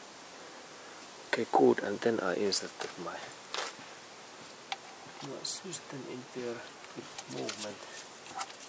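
Someone talks while a compression tester hose is inserted into the spark plug hole of a car engine, with short sharp handling taps around 3.5 and 4.7 seconds. The coupling has not yet clicked or seated by the end of the clip.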